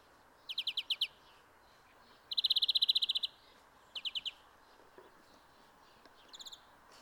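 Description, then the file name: European greenfinch giving quick twittering trills, short rapid bursts of chirps repeated over several seconds, with a final brief trill. "Chloris chloris"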